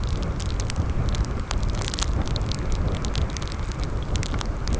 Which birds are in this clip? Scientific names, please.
none